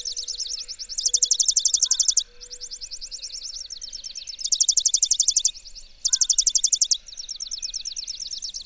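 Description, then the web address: Bird song made of fast, high, rattling trills in several bursts, alternating louder and softer phrases, with a few faint lower whistles between. "birdsong 145"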